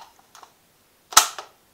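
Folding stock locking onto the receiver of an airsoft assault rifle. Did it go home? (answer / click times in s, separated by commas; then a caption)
yes / 1.2 s. The folding stock of a Tokyo Marui SIG 552 airsoft assault rifle, pulled free of its folded position with quite a big pull, is swung round against the receiver. Faint light ticks come at 0.4 s, then a sharp, loud snap at 1.2 s followed by a softer rattle at 1.4 s. The stock clicks into place at 1.2 s and locks open.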